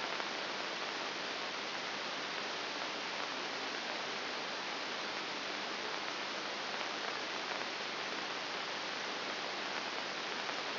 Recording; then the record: brain microelectrode recording played as sound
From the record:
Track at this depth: outside the subthalamic nucleus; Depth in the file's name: 0.304 mm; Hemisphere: right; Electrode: 3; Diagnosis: Parkinson's disease